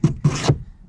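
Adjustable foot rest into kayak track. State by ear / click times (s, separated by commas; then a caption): not seated / none. A plastic adjustable foot rest on a Vibe Yellowfin 100 kayak is slid up and down along its track, giving three short rasping, scraping bursts at about 0.0, 0.2 and 0.5 seconds before fading to quiet. The foot rest is only being handled here and has not yet locked into a notch; nothing has seated or clicked yet.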